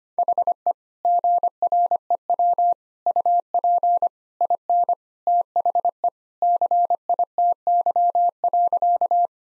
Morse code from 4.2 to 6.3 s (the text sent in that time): IN THE